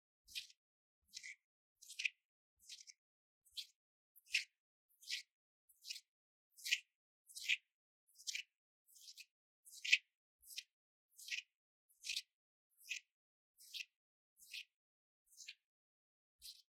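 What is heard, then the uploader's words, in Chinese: Hand sounds: crisp, bright snaps repeat at a steady pace, roughly every three-quarters of a second, with clean silence between each. 手的聲音 | Hand Sounds | No Talking。The various sounds of this hand。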